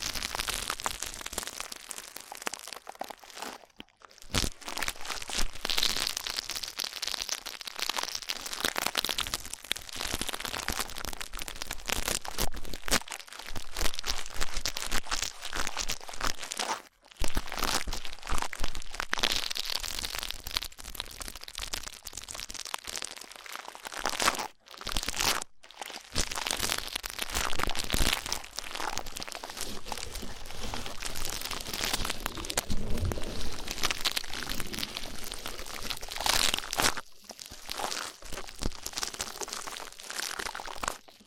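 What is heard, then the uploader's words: Rough ear cleaning makes a dense, continuous run of crackly scratching and crunching, bright and hissy with little low end. The rubbing keeps going with brief silent breaks near 4, 17 and 25 seconds, intensity rising and falling throughout. ASMR Rough Ear Cleaning (No Talking).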